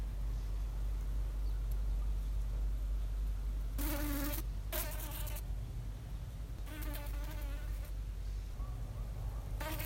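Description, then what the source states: Fly buzzing in short harmonic bursts of a second or so, separated by gaps, over a constant low rumble and hiss. Fly stuck on a window net.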